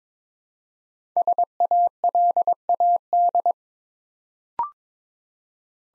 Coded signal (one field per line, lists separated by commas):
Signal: Morse code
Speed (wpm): 22 wpm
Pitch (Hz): 700 Hz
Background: none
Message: SALAD